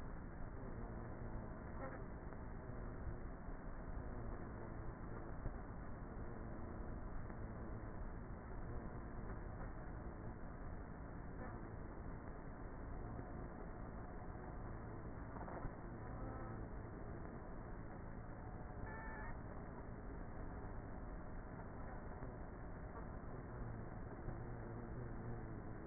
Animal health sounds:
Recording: honeybee colony, microphone inside the hive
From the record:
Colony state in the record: queenless with a low population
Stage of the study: before two queens were removed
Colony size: about 30,000 bees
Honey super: no

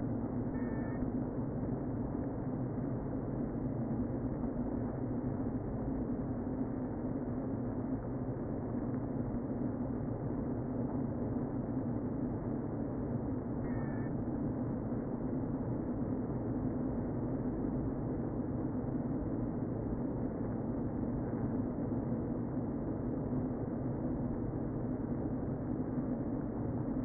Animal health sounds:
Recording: honeybee colony, microphone inside the hive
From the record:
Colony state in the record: queen present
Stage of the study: before two queens were removed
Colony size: about 60,000 bees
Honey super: yes

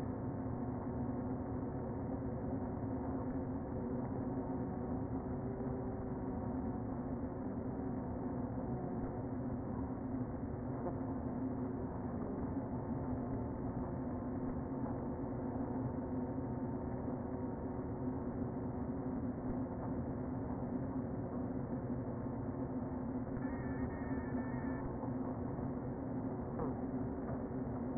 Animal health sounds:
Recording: honeybee colony, microphone inside the hive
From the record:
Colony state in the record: queen present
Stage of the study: before two queens were removed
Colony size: about 60,000 bees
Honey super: yes

